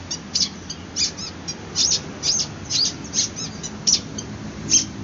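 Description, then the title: Long-tailed shrike song: several short grating high notes repeated at a steady pace over background noise. Song style called 'kombinasi' (combination). "Cendet Kombinasi"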